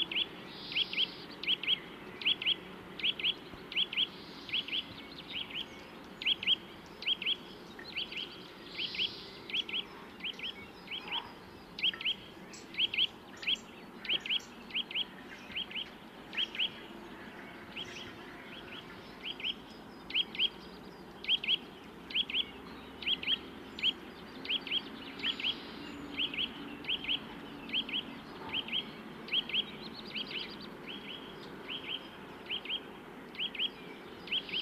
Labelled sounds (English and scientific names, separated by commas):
Eurasian Nuthatch (Sitta europaea) song